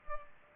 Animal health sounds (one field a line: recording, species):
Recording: mosquito wingbeat signal from an infrared sensor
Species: Culex pipiens